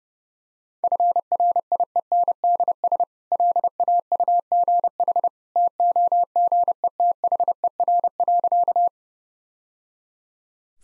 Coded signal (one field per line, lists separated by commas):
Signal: Morse code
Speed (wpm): 32 wpm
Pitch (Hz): 700 Hz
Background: none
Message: FRIENDS LAUGH TOGETHER.